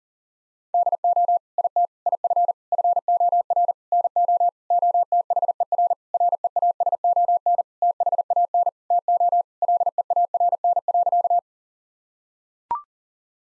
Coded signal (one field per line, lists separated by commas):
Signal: Morse code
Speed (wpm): 40 wpm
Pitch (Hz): 700 Hz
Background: none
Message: DO IT IF FOR NO OTHER REASON THAN TO LEARN.